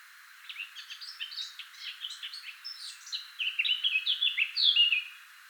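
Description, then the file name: Eurasian blackcap song: a quiet, scratchy warbling chatter that swells into louder, clear fluting whistles near the end. "Sylvia atricapilla"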